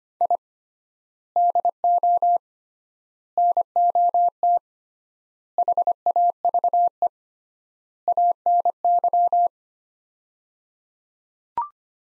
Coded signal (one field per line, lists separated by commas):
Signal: Morse code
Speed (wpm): 25 wpm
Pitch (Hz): 700 Hz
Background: none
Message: I DO NOT HAVE ANY